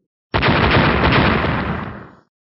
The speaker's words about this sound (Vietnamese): 3 tiếng nổ lớn, huyết tinh lập tức nổ tung ra. Bên trong vụ nổ này rõ ràng xuất hiện một cơn lốc xoáy cực lớn, phía trong là một màu đen kịch.